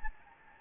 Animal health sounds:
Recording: mosquito wingbeat signal from an infrared sensor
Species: Anopheles gambiae

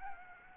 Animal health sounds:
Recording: mosquito wingbeat signal from an infrared sensor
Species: Aedes albopictus

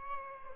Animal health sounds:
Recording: mosquito wingbeat signal from an infrared sensor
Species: Aedes albopictus

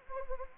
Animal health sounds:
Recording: mosquito wingbeat signal from an infrared sensor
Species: Anopheles gambiae

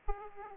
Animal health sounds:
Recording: mosquito wingbeat signal from an infrared sensor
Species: Aedes aegypti

